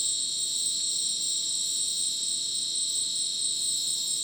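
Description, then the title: Cricket: short stretch of continuous shrill cricket trilling in layered high bands, steady and unvaried. Dense insect chorus likened to a polyrhythmic electronic concert, after sunset in dense rainforest, Madidi National Park, Ucumari, Bolivia; very high insect density; AT BP4029 microphone, MixPre 6 recorder. "Madidi National Park, Ucumari, Bolivia - Supersonic Crickets in the rainforest"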